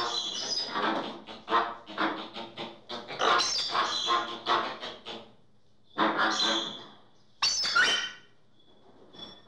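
Bird producing scratchy chattering squawks in uneven bursts, then two sharp separate outbursts and a faint, thin whistle near the end.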